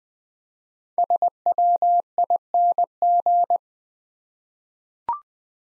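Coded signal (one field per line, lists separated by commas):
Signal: Morse code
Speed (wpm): 20 wpm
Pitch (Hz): 700 Hz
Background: none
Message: SWING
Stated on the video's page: Morse code practice set at 20 wpm of easy words with contextual hints.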